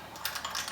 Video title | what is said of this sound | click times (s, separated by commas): NEW HSP PRODUCTS-LIGHT MOUNTS | pops right in there so look where that Scout would sit perfectly | 0.2 s, 0.4 s